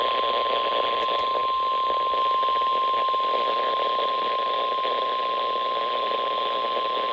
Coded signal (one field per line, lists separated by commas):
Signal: Emergency Alert System (SAME) tones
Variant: 1050 Hz attention tone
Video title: Very Late EAS Comp || EAS Alerts From May 30th - 31th, 2025. EAS #367 - #428